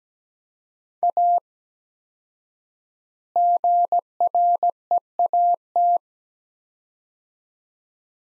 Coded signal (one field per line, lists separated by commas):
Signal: Morse code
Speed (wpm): 17 wpm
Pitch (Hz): 700 Hz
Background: none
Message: A GREAT